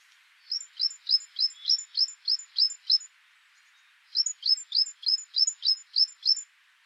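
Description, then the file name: Great tit singing two strophes of fast, regular high double notes, each strophe about two and a half seconds, separated by a brief pause. "Parus major"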